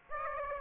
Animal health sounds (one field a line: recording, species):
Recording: mosquito wingbeat signal from an infrared sensor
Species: Aedes aegypti